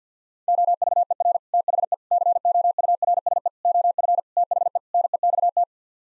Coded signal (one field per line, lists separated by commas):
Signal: Morse code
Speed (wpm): 50 wpm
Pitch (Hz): 700 Hz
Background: none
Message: OVER THE COURSE OF THE NEXT